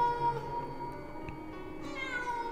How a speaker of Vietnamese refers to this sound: nghe có tiếng gì đó văng vẳng. Là tiếng con mèo rừng hay là mèo nhà thì chẳng biết, thế nhưng tiếng kêu của nó kêu lên ghê rợn lắm.